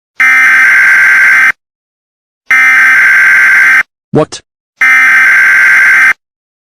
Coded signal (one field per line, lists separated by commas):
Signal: Emergency Alert System (SAME) tones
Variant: header bursts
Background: speech